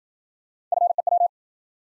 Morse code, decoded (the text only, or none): FEW